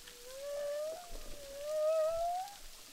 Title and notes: humpback whales, boucan canot, ile de la reunion. enregistré avec un hydrophone DPA